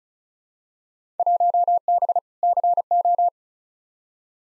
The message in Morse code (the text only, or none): 1B CO